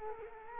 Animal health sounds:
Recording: mosquito wingbeat signal from an infrared sensor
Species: Culex quinquefasciatus

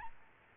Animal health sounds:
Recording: mosquito wingbeat signal from an infrared sensor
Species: Aedes albopictus

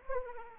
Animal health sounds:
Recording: mosquito wingbeat signal from an infrared sensor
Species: Anopheles arabiensis

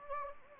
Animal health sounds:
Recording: mosquito wingbeat signal from an infrared sensor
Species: Anopheles gambiae

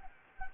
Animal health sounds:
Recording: mosquito wingbeat signal from an infrared sensor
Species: Anopheles gambiae

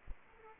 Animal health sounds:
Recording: mosquito wingbeat signal from an infrared sensor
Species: Aedes aegypti

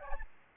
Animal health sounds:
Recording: mosquito wingbeat signal from an infrared sensor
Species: Aedes albopictus

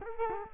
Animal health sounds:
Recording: mosquito wingbeat signal from an infrared sensor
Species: Culex quinquefasciatus

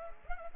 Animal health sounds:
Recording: mosquito wingbeat signal from an infrared sensor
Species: Culex pipiens

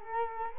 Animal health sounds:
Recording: mosquito wingbeat signal from an infrared sensor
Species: Culex quinquefasciatus

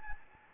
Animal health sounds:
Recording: mosquito wingbeat signal from an infrared sensor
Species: Anopheles gambiae

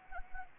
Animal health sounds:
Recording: mosquito wingbeat signal from an infrared sensor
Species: Anopheles arabiensis

